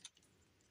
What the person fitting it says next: locks into place